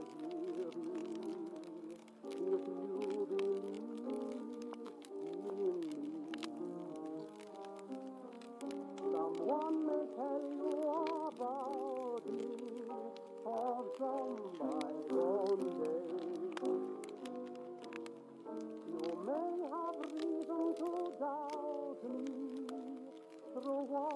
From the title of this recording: oldies playing in another room and it's snowing (crackling fireplace & blizzard)